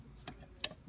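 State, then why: Seated. An interchangeable lens is set on a camera body with the white marks aligned and twisted until the bayonet mount locks. A soft tick at 0.3 s is followed by a sharp, bright click at 0.6 s as the lens seats home.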